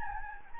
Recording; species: mosquito wingbeat signal from an infrared sensor; Anopheles gambiae